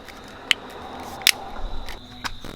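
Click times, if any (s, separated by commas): 0.5 s, 1.3 s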